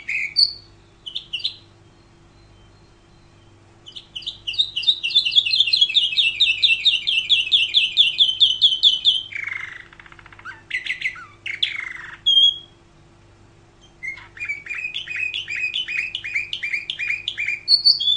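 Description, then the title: Canary song: a long rapid trill, then lower harsh rattling notes, a pause, and another run of quick sweeping chirps; a faint hum in the background. "Kenari"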